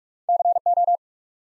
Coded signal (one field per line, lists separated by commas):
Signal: Morse code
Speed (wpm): 44 wpm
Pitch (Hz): 700 Hz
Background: none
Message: CO